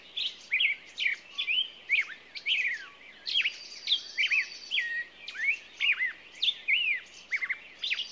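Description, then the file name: Songbird song: rapid chirps and sweeping whistled notes, some falling steeply, in quick bursts with short gaps, plus a thin buzzy trill partway through. Morning songbird chorus, presented as nature ambiance. "Echoes Of Nature-Morning Songbirds"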